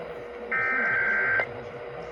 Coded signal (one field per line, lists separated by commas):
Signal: Emergency Alert System (SAME) tones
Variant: header bursts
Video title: [EAS #2677-#2685] Los Angeles County Required Monthly Tests (8/29/23)